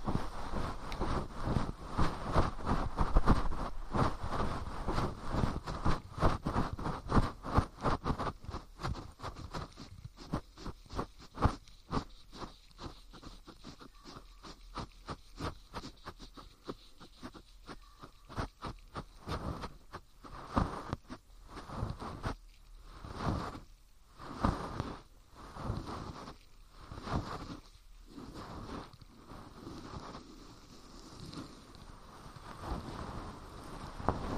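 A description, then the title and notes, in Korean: Fluffy ear cleaning: dense, scratchy rustling brushes steadily for about fifteen seconds, then breaks into separate swishing strokes with short pauses. 솜털 귀청소 동시에 (인트로 수다 X).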